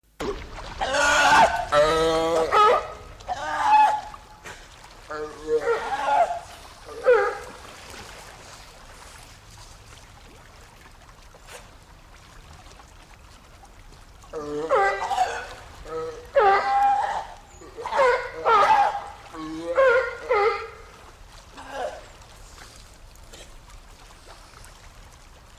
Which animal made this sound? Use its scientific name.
Zalophus californianus